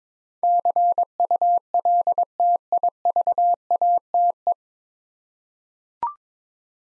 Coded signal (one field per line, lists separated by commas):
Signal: Morse code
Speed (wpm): 22 wpm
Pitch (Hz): 700 Hz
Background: none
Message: CULTIVATE